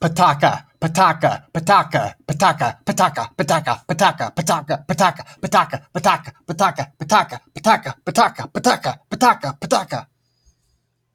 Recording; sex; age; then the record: repeated syllables /pa ta ka/; male; 30 to 39 years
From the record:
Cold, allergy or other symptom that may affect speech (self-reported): no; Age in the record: 32 years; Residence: Iowa, United States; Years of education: 12